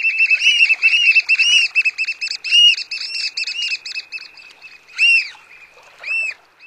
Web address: Songs of Birds of North America Stokes. Black Oystercatcher